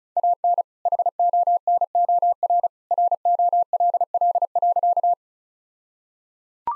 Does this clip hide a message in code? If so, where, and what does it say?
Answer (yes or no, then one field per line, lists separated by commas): yes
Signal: Morse code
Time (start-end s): 0.2-5.1 s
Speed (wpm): 34 wpm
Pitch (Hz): 700 Hz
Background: none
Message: AN HONOR ROLL.